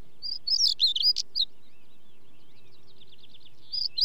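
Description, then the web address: Stonechat song: short, scratchy, high warbled phrases, a longer one at the start and a brief one at the end. "BBC Sound Effects Library. Stonechat"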